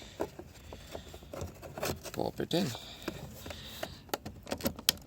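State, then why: Seated. Replacement side mirror glass for a Volkswagen Passat is pressed onto the adjuster backing plate inside the car door mirror housing until its plastic clips engage. Someone talks while scattered taps and scrapes are heard, and a sharp, loud click at 4.9 s marks the glass seating onto the backing plate.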